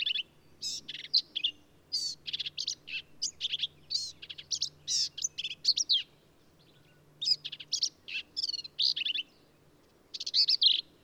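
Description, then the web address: Black-capped vireo in a fast run of phrases, chattering, squeaky and buzzy notes tumbling one after another with barely a pause, then more bursts of song after short gaps. "birdsongforthecurious Black-capped Vireo"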